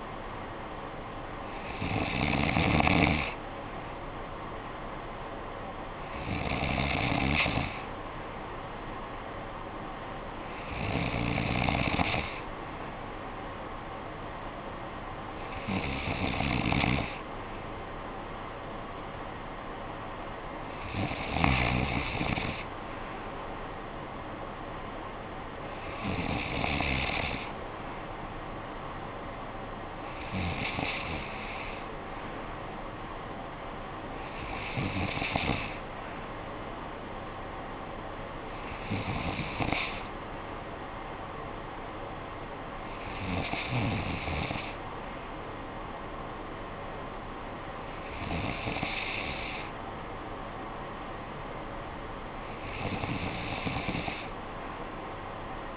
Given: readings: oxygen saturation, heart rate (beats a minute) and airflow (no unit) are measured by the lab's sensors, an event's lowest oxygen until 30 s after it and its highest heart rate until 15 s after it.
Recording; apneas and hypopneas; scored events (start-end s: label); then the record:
breathing in sleep by a voice recorder at the bedside; none
none scored
From the record:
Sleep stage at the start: N3 (deep sleep); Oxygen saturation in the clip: 93 to 94%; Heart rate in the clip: 52 to 62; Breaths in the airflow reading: 12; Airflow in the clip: -9.5 to 6.0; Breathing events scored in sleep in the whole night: 445 in 7.6 hours asleep